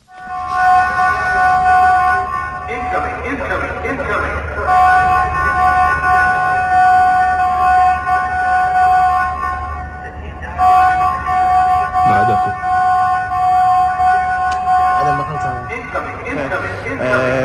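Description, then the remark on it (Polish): A loud alarm siren in the Green Zone in Baghdad blares a steady, high-pitched tone, held for long stretches and broken by a couple of brief pauses before it resumes at the same pitch. “No, incydent w tej sytuacji ważny, acz biorąc pod uwagę taki codzienne funkcjonowanie zielonej strefy w Bagdadzie, to można powiedzieć, że to dzień jak codzień, bo taki alarm”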